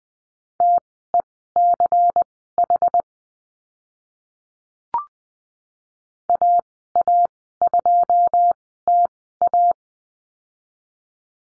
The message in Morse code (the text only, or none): TECH AA2TA